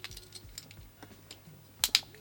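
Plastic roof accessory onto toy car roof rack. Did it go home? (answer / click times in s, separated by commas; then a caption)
yes / 1.8 s, 2.0 s. A small plastic accessory is clipped onto the roof rack of a die-cast model car, with faint light taps and clicks at first. Two sharp snaps come at 1.8 s and 2.0 s as the accessory clips into place and seats on the rack.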